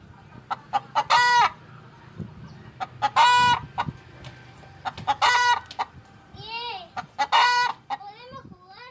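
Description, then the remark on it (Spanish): Chickens cluck in loud, harmonic bursts roughly every two seconds, with sharp short clucks between them, and a rooster-like crowing call rises and falls near the end over a low background rumble. “Un momento, señora gallina, que la respuesta no es automática”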